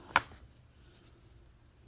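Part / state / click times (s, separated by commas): plastic fist into action figure arm / seated / 0.2 s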